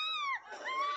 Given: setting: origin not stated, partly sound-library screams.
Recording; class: one-second piece from a danger detection set; woman in danger